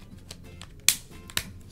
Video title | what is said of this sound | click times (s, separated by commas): Samsung Galaxy Note Edge Review! | all snaps into place | 0.9 s, 1.4 s